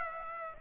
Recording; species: mosquito wingbeat signal from an infrared sensor; Aedes aegypti